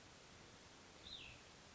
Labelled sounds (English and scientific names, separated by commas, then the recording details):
Cassin's Vireo (Vireo cassinii)
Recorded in Sonoma County, California